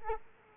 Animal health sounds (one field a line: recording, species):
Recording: mosquito wingbeat signal from an infrared sensor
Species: Culex quinquefasciatus